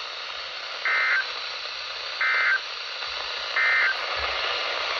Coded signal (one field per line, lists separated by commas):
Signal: Emergency Alert System (SAME) tones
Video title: Mild Chaos. Alerts from 7/8/23 - 7/9/23 (EAS #727 - 736)